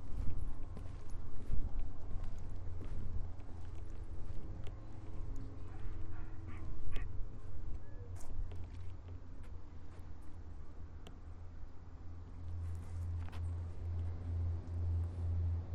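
A walk through Marpole: a steady low hum underlies scattered footsteps and small clicks, with occasional faint bright ticks and a brief dog-like sound.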